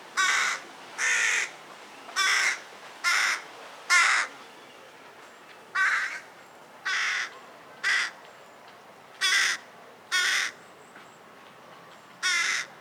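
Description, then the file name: Carrion crow cawing repeatedly, about a dozen harsh, hoarse calls in loose bursts, each caw short and rasping, gaps of roughly a second between them. "Corvus corone"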